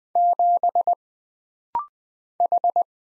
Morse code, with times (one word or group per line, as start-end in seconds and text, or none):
0.2-0.9 7
2.4-2.8 H